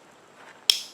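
A positive (red) cable terminal is pushed into the quick-disconnect connector housing of a Badland 2500 winch being wired up on a RZR. After a faint, low background, a single sharp, bright snap is heard at 0.7 s, followed by a brief decaying tail. The terminal clicks in and is seated in the connector housing.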